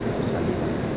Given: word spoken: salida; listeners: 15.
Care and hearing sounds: one Spanish word in noise, from a listening test; speech-shaped noise; -6.7 dB; 1 of 15; 9 of 15; 0.57 s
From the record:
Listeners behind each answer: 9, 1, 1, 1, 1, 1, 1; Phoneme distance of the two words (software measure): 17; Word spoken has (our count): 3 syllables, 6 phonemes, stress on syllable 2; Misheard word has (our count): 2 syllables, 5 phonemes, stress on syllable 2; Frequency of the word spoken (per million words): 104.21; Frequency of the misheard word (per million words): 147.13

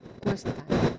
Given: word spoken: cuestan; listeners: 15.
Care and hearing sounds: one Spanish word in noise, from a listening test; noise modulated by one talker; -7.3 dB; 0 of 15; 13 of 15; 0.59 s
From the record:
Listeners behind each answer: 13, 1, 1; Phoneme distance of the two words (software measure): 7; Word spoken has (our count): 2 syllables, 7 phonemes, stress on syllable 1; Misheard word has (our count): 2 syllables, 6 phonemes, stress on syllable 1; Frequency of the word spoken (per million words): 3.02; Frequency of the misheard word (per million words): 40.05

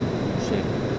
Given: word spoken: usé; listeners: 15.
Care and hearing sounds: one Spanish word in noise, from a listening test; speech-shaped noise; -5.4 dB; 2 of 15; 6 of 15; 0.59 s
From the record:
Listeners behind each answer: 6, 2, 2, 1, 1, 1, 1, 1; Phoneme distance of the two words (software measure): 14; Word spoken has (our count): 2 syllables, 3 phonemes, stress on syllable 2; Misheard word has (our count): 3 syllables, 5 phonemes, stress on syllable 2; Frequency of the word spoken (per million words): 0.80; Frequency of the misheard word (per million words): 68.49

